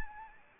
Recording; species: mosquito wingbeat signal from an infrared sensor; Anopheles arabiensis